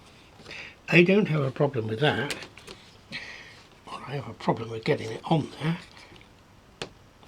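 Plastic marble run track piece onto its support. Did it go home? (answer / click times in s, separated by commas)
yes / 6.8 s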